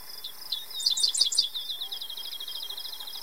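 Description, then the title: Dickcissel song: four loud, sharp chirped notes in quick succession, then a long fast run of thin lower notes continuing to the end, over a constant high hiss. Male singing in north prairie grassland, Minnesota, USA, June 30, 2023, late in the nesting season; recorded with a camera's onboard audio. "Dickcissel (Spiza americana) at Afton State Park"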